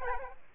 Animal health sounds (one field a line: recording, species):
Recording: mosquito wingbeat signal from an infrared sensor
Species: Aedes albopictus